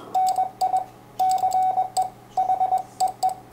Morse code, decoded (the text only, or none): NI CE H EE